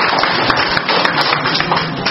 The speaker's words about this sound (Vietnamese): Rồi, chúng ta cho một tràng pháo tay to nữa thưa anh chị em.